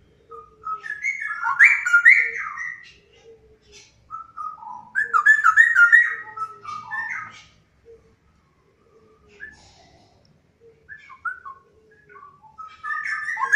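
Straw-headed bulbul song in rollicking bursts of mellow, jumbled whistles, separated by quieter pauses with a few soft notes.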